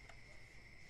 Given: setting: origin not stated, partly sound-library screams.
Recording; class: one-second piece from a danger detection set; normal situation